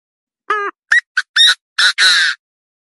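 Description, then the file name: Partridge calling: six harsh, raspy notes in quick succession, the first lower and nasal, the later ones harsher, ending in a longer grating note. "Tieng ga go"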